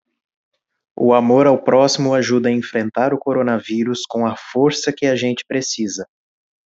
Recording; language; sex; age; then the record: spoken sentence; Brazilian Portuguese; male; 20 to 29 years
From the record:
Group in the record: control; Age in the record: 26 years